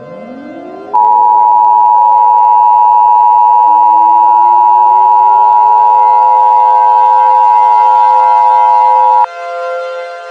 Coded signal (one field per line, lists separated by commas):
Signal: Emergency Alert System (SAME) tones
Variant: 853 and 960 Hz attention tone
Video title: EAS Scenario: Red